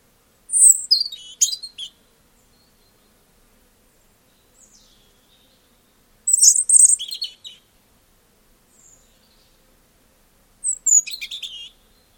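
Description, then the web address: European robin song in three short, high, tumbling phrases of thin whistles and rapid trills, separated by pauses of several seconds, against a quiet background. "Deverinetal 2025 File origin Bird Only Er Ru"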